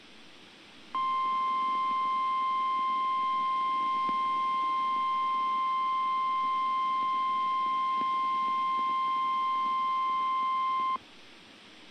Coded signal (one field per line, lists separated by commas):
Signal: Emergency Alert System (SAME) tones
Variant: 1050 Hz attention tone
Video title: Real EAS #328 - Special Marine Warning